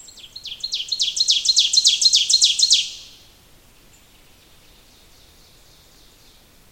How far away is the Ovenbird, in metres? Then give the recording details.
about 10 m. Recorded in boreal forest in Alberta, Canada, on 28 May 2016 at 06:56. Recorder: SongMeter 3, array SBT-3-49. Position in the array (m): 75 m, 253 m. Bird 14